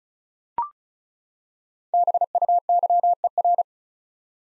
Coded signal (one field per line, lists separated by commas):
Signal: Morse code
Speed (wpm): 36 wpm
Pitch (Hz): 700 Hz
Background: none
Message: BUYER